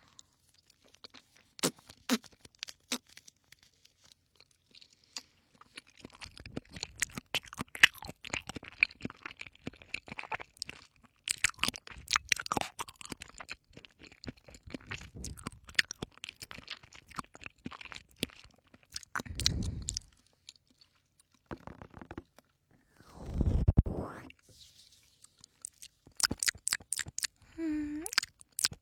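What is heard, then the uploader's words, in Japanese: Crisp chewing and crunching with rapid irregular bites, growing busier after six seconds, plus brief low rustling bursts near twenty and twenty-four seconds. Q软~ 咀嚼音。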